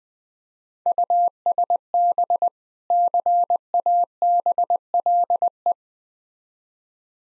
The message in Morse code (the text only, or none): USB CABLE